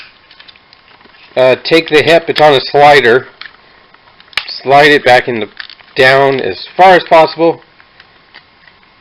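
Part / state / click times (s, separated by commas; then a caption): plastic toy leg or hip part on its slider into the hip / not seated / none. Someone talks while handling a plastic transforming-toy leg or hip part on its slider, working it down toward the hip, with faint plastic taps and one sharp tick between phrases. Nothing has seated or clicked into place yet by the end of the clip.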